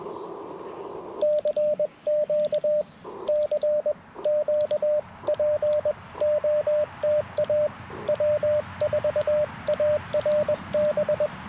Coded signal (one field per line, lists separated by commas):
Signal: Morse code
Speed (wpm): 21 wpm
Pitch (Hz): 600 Hz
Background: radio noise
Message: CQ CQ POTA W4ARB